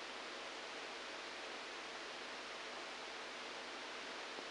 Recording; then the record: brain microelectrode recording played as sound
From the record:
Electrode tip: outside the subthalamic nucleus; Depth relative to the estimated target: 2 mm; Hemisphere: right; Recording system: NeuroSet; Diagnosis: Parkinson's disease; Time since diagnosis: 7 years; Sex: male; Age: 69 years